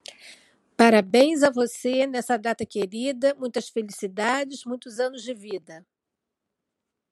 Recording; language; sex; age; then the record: short text; Brazilian Portuguese; female; 60 to 69 years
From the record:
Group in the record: control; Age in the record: 60 years